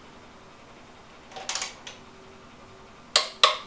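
A 3/8 click-type torque wrench set to 32 ft-lb tightens a bolt, turned more slowly as resistance rises, with softer mechanical sounds around 1.5 s and 1.9 s. The wrench gives sharp clicks at 3.2 s and again at 3.4 s, confirming it has reached its 32 ft-lb setting.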